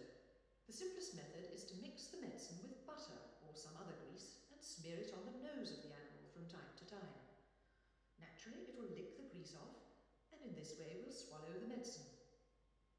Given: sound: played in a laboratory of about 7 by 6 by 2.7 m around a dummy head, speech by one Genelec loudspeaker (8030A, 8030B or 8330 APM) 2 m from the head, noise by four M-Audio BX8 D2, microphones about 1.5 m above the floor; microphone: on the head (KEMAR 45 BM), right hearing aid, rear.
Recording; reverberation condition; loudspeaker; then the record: female speech in English; high; 120 degrees to the right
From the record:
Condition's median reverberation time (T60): about 1300 ms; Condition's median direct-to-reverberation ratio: about -4.0 dB